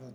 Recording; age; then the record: pig call; piglet (1 to 25 days)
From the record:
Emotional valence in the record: negative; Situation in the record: long isolation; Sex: female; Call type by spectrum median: low-frequency call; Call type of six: low-frequency stable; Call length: 0.15 s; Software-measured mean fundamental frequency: 63 Hz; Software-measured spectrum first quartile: 166 Hz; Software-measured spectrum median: 295 Hz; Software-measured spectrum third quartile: 591 Hz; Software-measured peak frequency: 233 Hz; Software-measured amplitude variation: 81 dB a second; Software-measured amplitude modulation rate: 23.0 a second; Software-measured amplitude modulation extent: 3.5 dB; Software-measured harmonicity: -6.3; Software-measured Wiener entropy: 0.05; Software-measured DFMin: 994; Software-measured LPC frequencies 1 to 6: 489, 2323, 3482, 4422, 5567, 9320 Hz